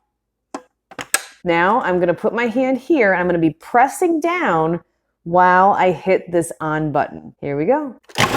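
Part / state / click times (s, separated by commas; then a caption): plastic lid/top piece onto food processor bowl / seated / 1.1 s. The plastic top of a kitchen food processor is put back on over a feed chute loaded with potato and pressed down onto the bowl, with a few light knocks at 0.6, 0.9 and 1.0 seconds before a sharp click at 1.1 seconds as it locks into place. Someone then talks for the rest of the clip.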